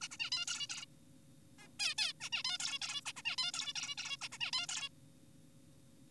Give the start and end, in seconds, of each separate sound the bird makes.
0.01-0.08, 0.11-0.17, 0.20-0.30, 0.32-0.45, 0.47-0.67, 0.70-0.85, 1.59-1.68, 1.79-1.95, 1.98-2.13, 2.21-2.30, 2.33-2.43, 2.45-2.58, 2.60-2.79, 2.82-3.01, 3.06-3.13, 3.17-3.22, 3.25-3.36, 3.38-3.51, 3.54-3.73, 3.76-3.95, 3.98-4.17, 4.21-4.29, 4.32-4.38, 4.41-4.51, 4.53-4.67, 4.69-4.89